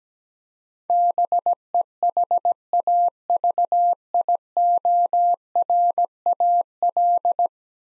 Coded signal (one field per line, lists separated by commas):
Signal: Morse code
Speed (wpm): 17 wpm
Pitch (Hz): 700 Hz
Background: none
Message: BEHAVIORAL